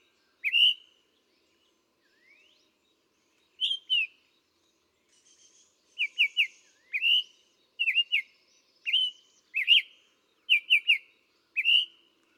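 Summer tanager delivering a long series of quick whistled couplets and triplets, starting sparse, then coming faster and steadier toward the end.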